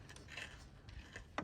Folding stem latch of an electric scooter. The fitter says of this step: I guess this is like this here's your click